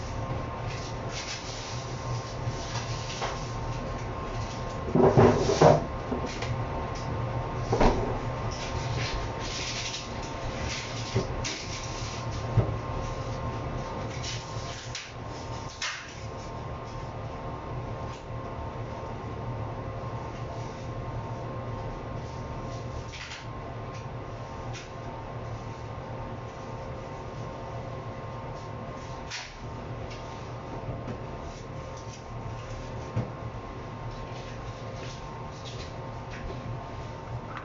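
Kitchen noises over a steady low hum that runs through the whole recording. A cluster of sharp clatters and knocks comes around five to six seconds, with lighter bumps near eight and twelve seconds. After that, only occasional faint taps break the even background.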